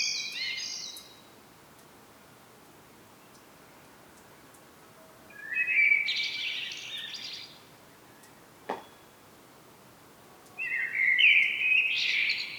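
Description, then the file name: Common blackbird song phrases: the tail of a high twitter, then a full fluty warble with squeaky ending, a brief click, and another phrase. "Turdus merula"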